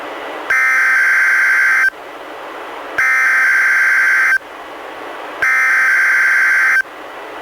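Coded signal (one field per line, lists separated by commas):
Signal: Emergency Alert System (SAME) tones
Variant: header bursts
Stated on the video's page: NWR Required Weekly Test from NWS Portland, relayed by Astoria station, received on a Reecom R-1630 weather radio, audio recorded directly via USB.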